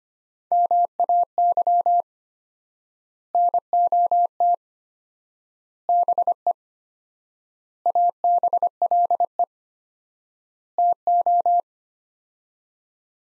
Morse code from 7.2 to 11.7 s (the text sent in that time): ABLE TO